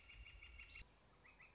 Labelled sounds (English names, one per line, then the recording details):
Northern Flicker
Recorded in Sonoma County, California